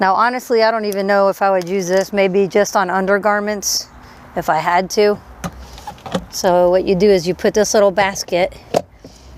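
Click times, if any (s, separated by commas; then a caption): none. Someone talks while handling a small spin basket that goes into the spin tub of a portable washing machine. A few short handling knocks are heard around 5.4 to 6.2 seconds. The basket has not clicked into place yet.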